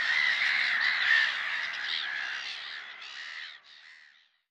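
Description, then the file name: Black-headed gull calls, many harsh rasping cries overlapping at first, then thinning out and fading to silence near the end. "mouette rieuse"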